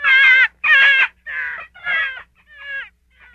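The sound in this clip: Gray fox giving a brief series of six whining yelps, the first two loud and harsh, the following ones softer and fading out.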